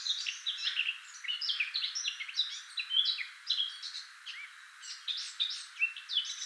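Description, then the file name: Eurasian blackcap song: a continuous tumbling warble of sharp, varied notes over about six and a half seconds, with short pauses between bursts. "Sylvia atricapilla"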